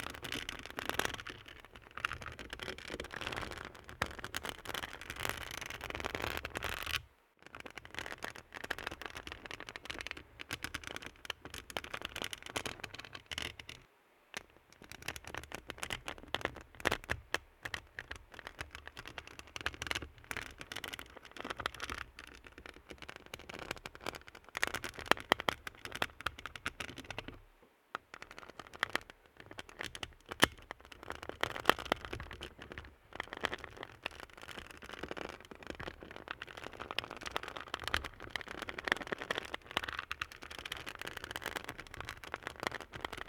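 Fingernails tap quickly and steadily on a hard surface, the light, crisp clicks packed so closely they run together into a fine crackling patter. The tapping stops briefly three times, near 7, 14 and 28 seconds. A faint low hum sits underneath throughout.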